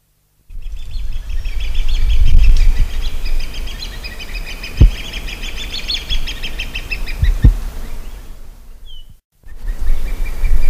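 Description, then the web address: Crowned hornbill calling in a fast series of piping, whistled notes that waver up and down for several seconds, with low thumps and rumbling underneath. "hornbill crowned Crowned hornbill Tockus alboterminatus"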